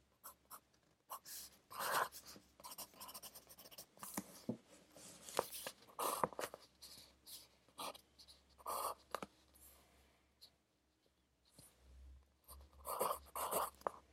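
Pencil scratching across paper in quick, irregular bursts, with firmer strokes near 2, 6, 9 and 13 seconds over a faint steady hiss.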